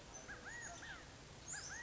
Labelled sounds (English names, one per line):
California Quail